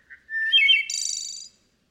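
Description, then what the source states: Wood Thrush song: a soft introductory note, a clear fluted phrase, then a high shimmering trill, all in one phrase under two seconds. Melodic, flute-like song.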